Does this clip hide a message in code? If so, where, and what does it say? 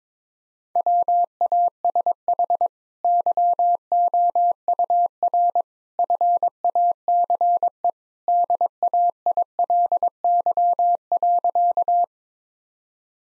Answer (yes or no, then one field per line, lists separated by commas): yes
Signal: Morse code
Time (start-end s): 0.8-12.0 s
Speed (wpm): 22 wpm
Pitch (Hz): 700 Hz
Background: none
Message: WASH YOUR FACE DAILY.